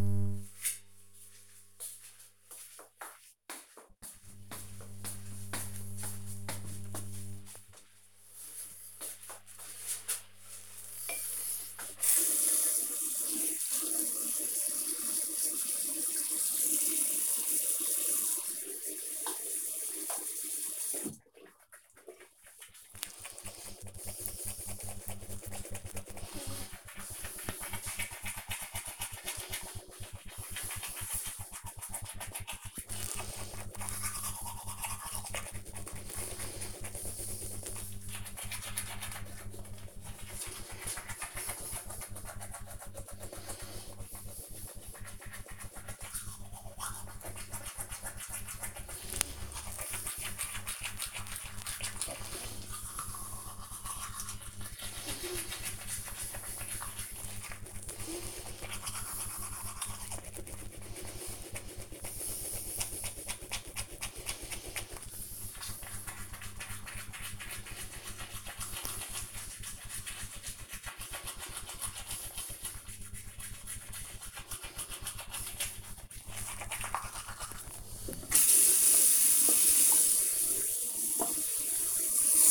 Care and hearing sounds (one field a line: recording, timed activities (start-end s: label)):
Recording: household activities, microphone on the right wrist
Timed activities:
13.22-82.51 s: brushing teeth